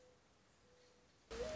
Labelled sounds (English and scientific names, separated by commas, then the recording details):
Mourning Dove (Zenaida macroura)
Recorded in Sonoma County, California